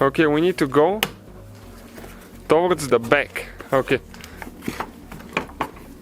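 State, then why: Partly seated. A headlight housing on a 2011–2016 Hyundai Elantra is pushed back into its mounting on the front of the car body while someone talks. After a few light taps, two sharp clicks come at 5.4 and 5.6 seconds. The assembly is still not fully seated on one side.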